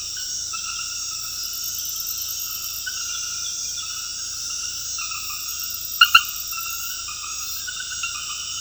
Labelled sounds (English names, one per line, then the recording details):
none
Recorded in secondary vegetation near Puerto Asís, Putumayo, Colombia, on 19 February 2024 at 23:30
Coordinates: 0.481, -76.323
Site G6376